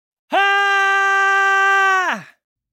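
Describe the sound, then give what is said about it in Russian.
A single loud, piercing woman's scream holds one high, steady pitch for about two seconds, then slides downward and cuts off abruptly. “он услышал женский крик. Он был настолько громким и пронзительным, что захотелось закрыть уши.”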